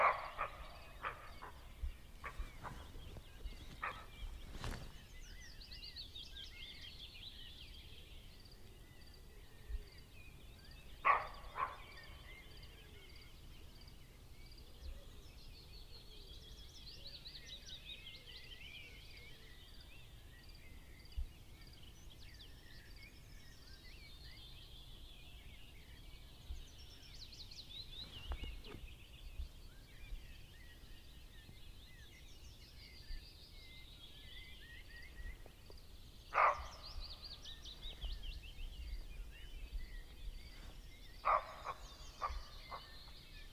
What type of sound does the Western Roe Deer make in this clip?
barking